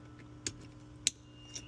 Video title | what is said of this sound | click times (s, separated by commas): How To Replace Display Screen on RACKA/Coleman Golf Cart | You can hear that click. | 1.1 s